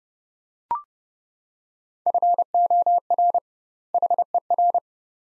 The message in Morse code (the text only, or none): FOR HER